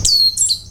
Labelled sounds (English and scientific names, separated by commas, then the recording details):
Stitchbird (Notiomystis cincta) song
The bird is a male
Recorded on Tiritiri Matangi Island, New Zealand, in 2005
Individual 21, of nest box 30